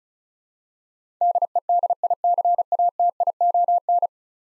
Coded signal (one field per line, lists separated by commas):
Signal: Morse code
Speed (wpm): 36 wpm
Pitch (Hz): 700 Hz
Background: none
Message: DEDICATION